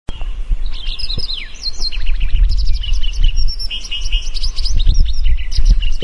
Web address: white browed wagtail wagtail bird call sound effect